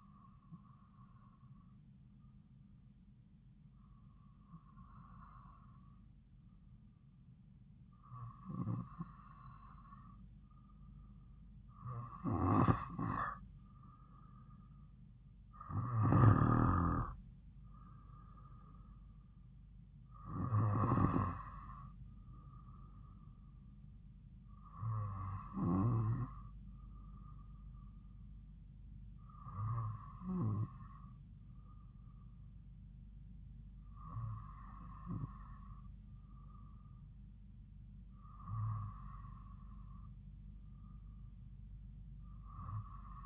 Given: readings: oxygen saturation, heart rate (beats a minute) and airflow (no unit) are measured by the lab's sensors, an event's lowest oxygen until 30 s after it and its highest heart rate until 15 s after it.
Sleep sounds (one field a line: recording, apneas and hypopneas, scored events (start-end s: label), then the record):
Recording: breathing in sleep by a smartphone at the bedside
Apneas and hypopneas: none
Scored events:
none scored
From the record:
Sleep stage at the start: N2 (light sleep)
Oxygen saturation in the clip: 93 to 95%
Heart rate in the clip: 53 to 59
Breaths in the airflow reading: 10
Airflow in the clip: -3.5 to 4.0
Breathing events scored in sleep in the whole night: 270 in 6.1 hours asleep